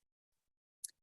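A push-type fiber cleaning pen is plugged onto a fiber optic connector's end face and pushed until its mechanism gives a single click, which means the end is clean. After near silence with a few faint ticks, a sharp, bright click lands at 0.9 s with a brief follow-on rattle just after.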